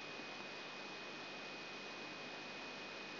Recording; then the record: brain microelectrode recording played as sound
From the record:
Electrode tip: outside the subthalamic nucleus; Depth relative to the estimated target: -4 mm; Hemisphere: left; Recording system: AlphaMap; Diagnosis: Parkinson's disease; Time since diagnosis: 12 years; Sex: female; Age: 47 years